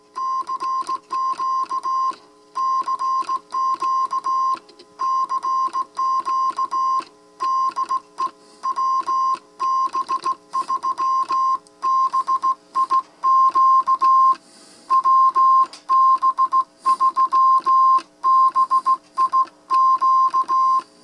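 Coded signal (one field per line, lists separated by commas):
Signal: Morse code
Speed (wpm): 17 wpm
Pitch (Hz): 1060 Hz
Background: none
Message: CQ CQ CQ DE WB3BIQ WB3BIQ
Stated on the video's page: Morse from a homebrew 40-meter breadboard transceiver, demonstrated in receive and transmit.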